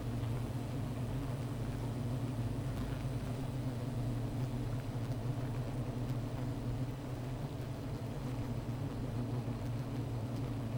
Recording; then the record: honeybee colony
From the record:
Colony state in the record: missing queen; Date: 14 July 2017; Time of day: 15:17